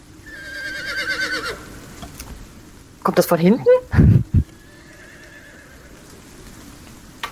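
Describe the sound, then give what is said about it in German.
A horse lets out a long, high, wavering whinny that falls in pitch over about a second and a half, followed by a short spoken question and a few soft low thuds. “könnte sein, dass es eben die Pferde, das Pferd ist von der Kutsche, von der Knolle. Oder ein anderes Pferd.”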